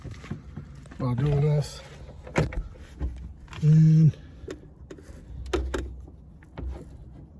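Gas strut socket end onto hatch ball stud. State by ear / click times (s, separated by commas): seated / 5.5 s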